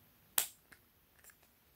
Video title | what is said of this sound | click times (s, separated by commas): Samsung Note 10 Note 10+ & 5G Military Grade Case by Amardillo Tek! | make sure you hear the click so | 0.4 s